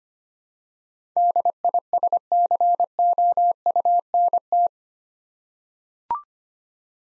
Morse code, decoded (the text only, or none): DISCOUNT